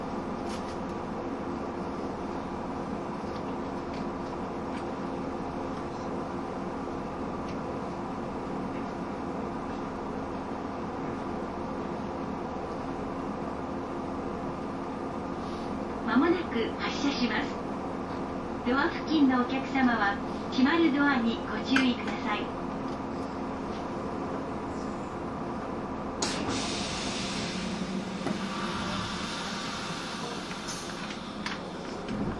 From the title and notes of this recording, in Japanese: 103系 播但線普通 01/01:姫路～寺前。播但線＂の列車走行音。